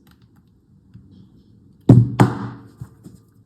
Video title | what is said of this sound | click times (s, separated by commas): USB-C Kinda Sucks (imho...) | So no satisfying click. I press it hard enough | none